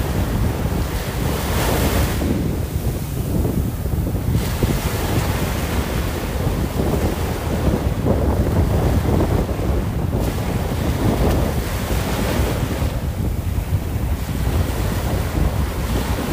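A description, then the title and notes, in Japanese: Wind and waves roar steadily, a dense low rumble with gusts buffeting the microphone and brighter surges of surf washing in every few seconds. 風やら波やらの音に起こされる。南には嵐が通り過ぎてるらしく風が強い。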